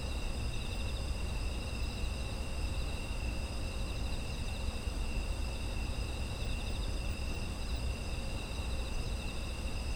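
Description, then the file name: Insects chirring together, a steady wall of high trills at several pitches sustained throughout, accompanied by low background rumble. Ambient sound of insects in autumn. "秋の虫の環境音"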